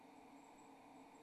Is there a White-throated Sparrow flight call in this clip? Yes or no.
no